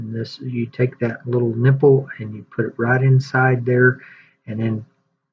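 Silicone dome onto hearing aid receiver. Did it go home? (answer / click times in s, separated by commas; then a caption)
no / none. A new soft silicone dome is pushed by its nipple onto the receiver tip of a Rexton receiver-in-canal hearing aid while someone talks throughout. Nothing has seated or clicked yet; the clip ends just before the dome snaps home.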